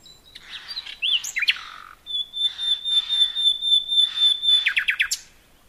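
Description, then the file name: Common nightingale song: varied chirps and swoops, then a long pure whistle held steadily, finishing with a quick series of sharp repeated notes. "Luscinia megarhynchos"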